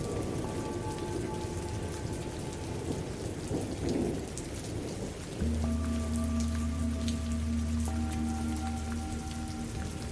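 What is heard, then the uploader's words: Steady, dense rain hisses throughout, with low thunder rumbling underneath. Singing bowls ring in long sustained tones, a soft one early on, then a deep, strong bowl struck around five and a half seconds, with another bright tone joining near eight seconds. Tibetan Bowls + Epic Thunder & Rain.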